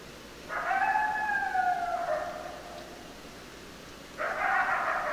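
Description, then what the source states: Coyote calls: a long howl that slides gently downward, then after a pause a harsher, broader second call that runs to the end, with soft background hiss. Several coyotes, recorded 10 December 2012.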